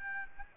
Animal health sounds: mosquito wingbeat signal from an infrared sensor; Aedes albopictus

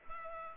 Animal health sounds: mosquito wingbeat signal from an infrared sensor; Culex pipiens

